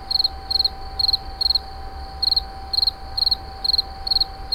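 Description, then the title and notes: Insect chirping: short chirps of several rapid pulses, repeated in a quick series over a steady hum and faint low rumble. Recorded in 2011 at Moulins-sur-Allier, near a wastewater treatment plant. "Insect near WWTP. 2011, Moulins sur allier"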